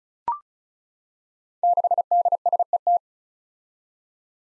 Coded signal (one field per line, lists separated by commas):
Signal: Morse code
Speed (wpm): 36 wpm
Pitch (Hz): 700 Hz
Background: none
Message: 6DSET